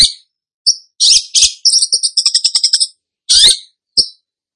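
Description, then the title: Long-tailed shrike song: harsh scratchy bursts and a fast sequence of high ringing trilled notes, ending with a short chip. Described as 'gacor', meaning singing vigorously. "Cendet Gacor"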